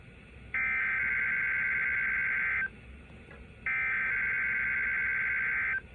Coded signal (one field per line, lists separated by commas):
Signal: Emergency Alert System (SAME) tones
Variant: header bursts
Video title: 8/17/21 Required Weekly Test (EAS #97)